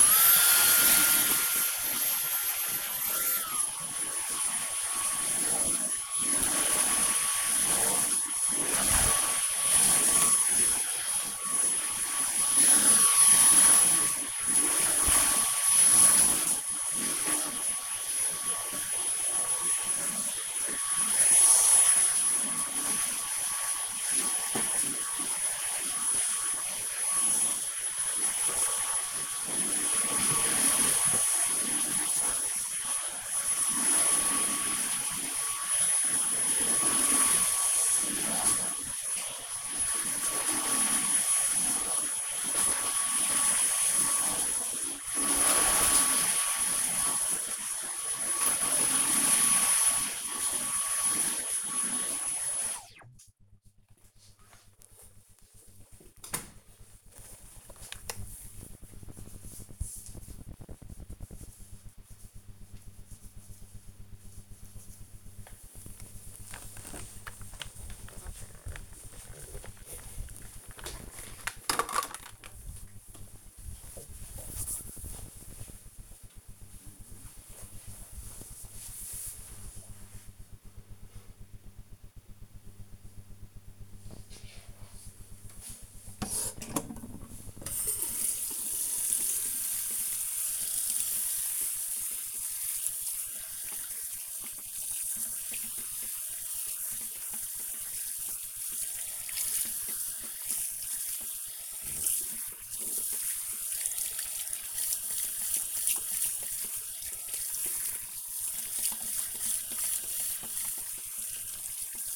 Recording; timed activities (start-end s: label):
household activities, microphone on the right wrist
0.00-53.13 s: vacuum cleaning
85.39-112.16 s: washing hands